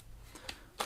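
A plastic part held by two small clips at its bottom is pushed in from below into the body of an H.Koenig UP600 cordless bagless stick vacuum. Two sharp plastic clicks sound at 0.5 s and 0.8 s over a quiet background. The part is only partly clipped in, and the final click has not yet come.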